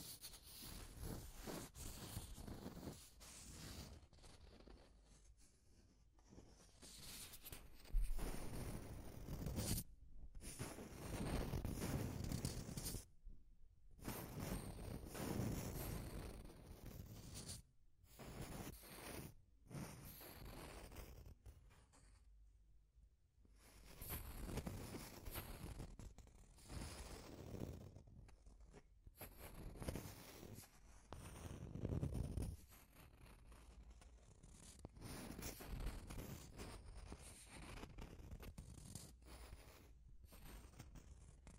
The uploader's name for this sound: Deep Scratching